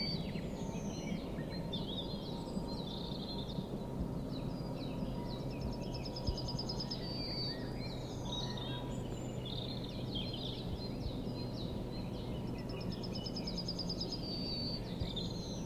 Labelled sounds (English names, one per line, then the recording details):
Yellowhammer
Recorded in the wild
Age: adult
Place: Villach, Kärnten, AT
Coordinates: 46.591, 13.824
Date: 1972-04-29
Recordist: Brunner, Thomas